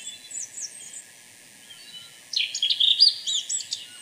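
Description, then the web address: Pale-eyed thrush delivering a rapid jumble of high, varied notes for over a second after a quiet start with faint chirps. Ecuador. "Birds of Ecuador. Pale-eyed Thrush"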